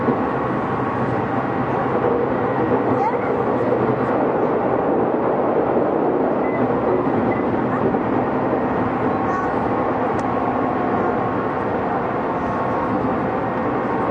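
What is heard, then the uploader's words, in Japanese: A Tokyu 6000 series express train runs on through service from the Den-en-toshi Line to the Oimachi Line. A steady, dense rumble and roar of the moving train holds at an even level throughout, with faint voices and a few brief high clicks and squeals over it. 東急6000系 あざみ野〜大井町。田園都市線から大井町線に直通する急行大井町行を録音。二子玉川から大井町線に入る。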